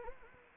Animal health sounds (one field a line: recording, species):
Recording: mosquito wingbeat signal from an infrared sensor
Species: Anopheles gambiae